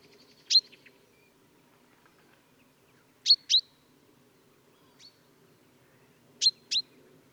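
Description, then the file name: Common chaffinch giving sharp, ringing 'pink' calls, a single note first, then two quick doubled calls about three seconds apart, with a low steady hum underneath. "Fringilla coelebs"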